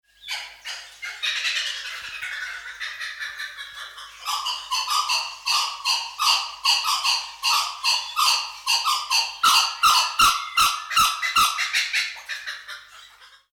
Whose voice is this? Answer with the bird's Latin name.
Dacelo leachii